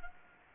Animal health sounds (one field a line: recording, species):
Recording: mosquito wingbeat signal from an infrared sensor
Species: Anopheles gambiae